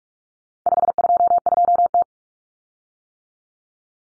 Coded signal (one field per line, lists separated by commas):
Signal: Morse code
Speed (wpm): 44 wpm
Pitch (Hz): 700 Hz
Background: none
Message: 522T